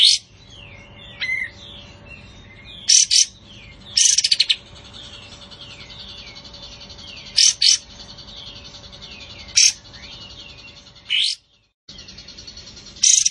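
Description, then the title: Cream-vented Bulbul uttering brief loud scratchy bursts at irregular intervals, between steady series of soft, thin downslurred whistles. Bird-training master recording of a strongly singing bird delivering rapid, tightly packed 'tembakan' bursts. "Masteran Kapas Tembak Ampuh. Kapas Tembak Gacor Tembakan Rapat buat Masteran"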